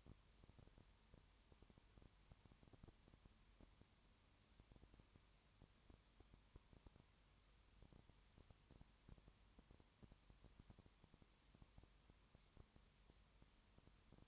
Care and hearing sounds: daily activity, microphone in the room; no activity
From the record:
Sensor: 3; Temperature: 21.1 degrees Celsius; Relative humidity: 37.0%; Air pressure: 1010.6 hPa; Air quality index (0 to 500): 204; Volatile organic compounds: 31 ppm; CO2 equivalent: 2980 ppm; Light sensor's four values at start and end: 2/3/2/2 and 2/3/2/2

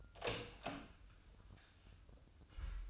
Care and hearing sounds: daily activity, microphone in the room; open door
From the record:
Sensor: 2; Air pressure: 1004.8 hPa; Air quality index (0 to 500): 73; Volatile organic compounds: 1 ppm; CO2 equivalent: 870 ppm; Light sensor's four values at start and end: 7/17/7/7 and 7/17/7/7

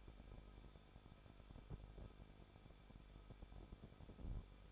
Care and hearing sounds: daily activity, microphone in the room; no activity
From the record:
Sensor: 5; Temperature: 20.8 degrees Celsius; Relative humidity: 38.5%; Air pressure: 1006.5 hPa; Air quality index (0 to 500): 191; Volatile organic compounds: 20 ppm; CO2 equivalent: 2698 ppm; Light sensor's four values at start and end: 2/3/1/1 and 2/3/1/1

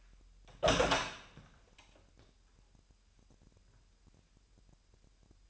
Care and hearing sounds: daily activity, microphone in the room; open door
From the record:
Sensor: 2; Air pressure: 998.2 hPa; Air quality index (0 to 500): 144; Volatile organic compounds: 4 ppm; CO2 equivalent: 1623 ppm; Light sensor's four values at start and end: 11/34/13/13 and 11/34/13/13

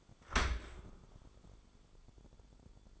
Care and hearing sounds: daily activity, microphone in the room; open dishwasher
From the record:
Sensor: 5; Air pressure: 1015.1 hPa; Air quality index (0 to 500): 168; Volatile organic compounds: 5 ppm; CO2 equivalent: 1819 ppm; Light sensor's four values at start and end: 37/87/35/36 and 38/90/37/39

